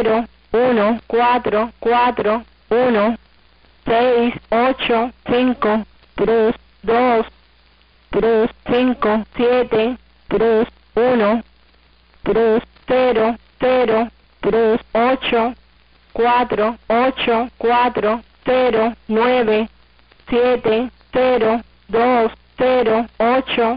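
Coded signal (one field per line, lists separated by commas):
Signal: numbers station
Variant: HM01, Spanish voice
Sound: a synthetic-sounding Spanish voice reading digits one by one at a steady pace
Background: radio static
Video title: hm01 Number Station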